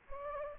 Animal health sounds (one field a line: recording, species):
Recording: mosquito wingbeat signal from an infrared sensor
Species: Anopheles gambiae